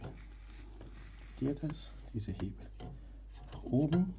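A plastic locking lever that holds the xenon bulb in the headlamp of a 2009 Audi Q5 is handled while someone talks, with a few faint handling knocks. The lever is being pushed upwards, but nothing has seated or clicked yet by the end of the clip.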